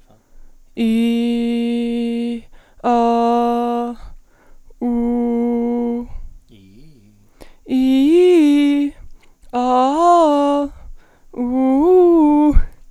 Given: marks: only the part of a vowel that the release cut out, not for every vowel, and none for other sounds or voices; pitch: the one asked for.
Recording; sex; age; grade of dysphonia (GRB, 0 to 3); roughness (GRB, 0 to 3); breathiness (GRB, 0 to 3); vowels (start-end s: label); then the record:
sustained vowels; female; 18 to 19 years; 0; 0; 0
0.87-2.28 s: vowel /i/, low pitch
2.91-3.82 s: vowel /a/, low pitch
4.89-5.92 s: vowel /u/, low pitch
7.78-8.81 s: vowel /i/, low-high-low pitch
9.60-10.59 s: vowel /a/, low-high-low pitch
11.45-12.45 s: vowel /u/, low-high-low pitch
From the record:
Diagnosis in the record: healthy voice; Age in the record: 19 years